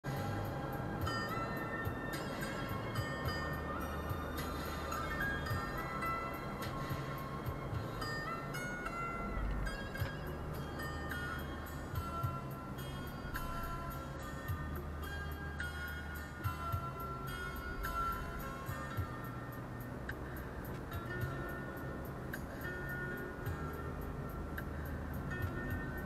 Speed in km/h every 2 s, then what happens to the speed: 49, 50, 50, 47, 42, 38, 29, 23, 20, 26, 29, 30, 32.
0-6 steady at about 49. 6-15 slows to 20. 15-26 speeds up to 32.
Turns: none.